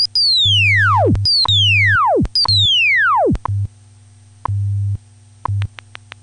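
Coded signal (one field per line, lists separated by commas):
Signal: radio time signal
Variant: WWV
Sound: three sweeping downward chirps over a low 100 Hz hum, then short clicks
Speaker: follows is a scientific modulation test for more information visit hamside.org wwv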